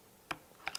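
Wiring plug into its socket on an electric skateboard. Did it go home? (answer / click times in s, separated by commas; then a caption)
yes / 0.3 s, 0.7 s. A clipped wiring plug on an electric skateboard is pushed all the way into its socket, and sharp clicks are heard at 0.3 and 0.7 seconds, followed by another small tick at 0.8 seconds. The plug pops into place and is seated all the way in.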